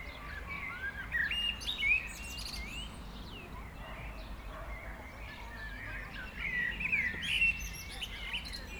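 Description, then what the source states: Eurasian blackbird song: warbled phrases with squeaky high notes, one burst early and another near the end, over low continuous background noise. Blackbirds heard at Serrières-en-Chautagne, France, on the way to the ViaRhôna while young cyclists pass by.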